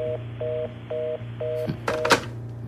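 A telephone line tone after the caller hangs up: short, evenly spaced beeps repeating over a low steady hum, followed by a brief burst of clattering handset noise near the end. No one speaks.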